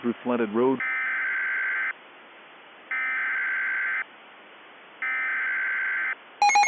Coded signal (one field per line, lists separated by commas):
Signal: Emergency Alert System (SAME) tones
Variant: header bursts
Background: speech